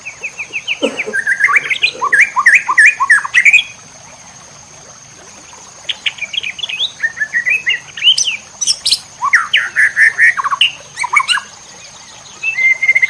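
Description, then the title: White-rumped shama song: rich, varied phrases of whistles, rapid trills and sharp chips in bursts, with a pause near the middle; a steady high whine runs throughout. Masteran training recording for cage birds. "MURAI BATU LABAIK"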